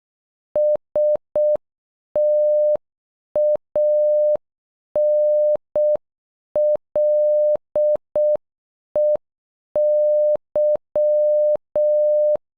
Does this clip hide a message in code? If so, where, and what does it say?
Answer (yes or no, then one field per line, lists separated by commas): yes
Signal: Morse code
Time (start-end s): 0.6-12.4 s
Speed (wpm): 12 wpm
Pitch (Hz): 600 Hz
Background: none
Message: STANLEY